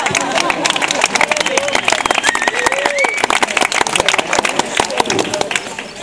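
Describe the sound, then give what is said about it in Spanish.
A stand-up comedy audience, prompted by the comedian, claps steadily for about six seconds, a dense, loud patter of many hands with scattered voices and whoops mixed in, fading slightly at the end. “Si queréis aplaudir.”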